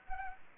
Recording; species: mosquito wingbeat signal from an infrared sensor; Anopheles arabiensis